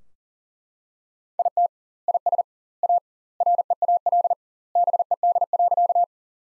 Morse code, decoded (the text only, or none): IT IS A REAL BED.